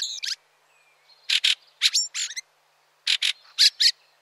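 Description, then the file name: Fieldfare grating chack calls, harsh notes in pairs with brief gaps. "Grive litorne"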